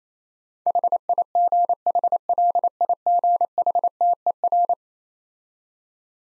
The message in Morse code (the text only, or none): HIGHLIGHTER